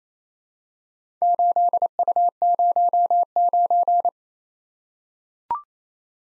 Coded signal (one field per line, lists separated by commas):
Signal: Morse code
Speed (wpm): 29 wpm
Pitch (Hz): 700 Hz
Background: none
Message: 8U09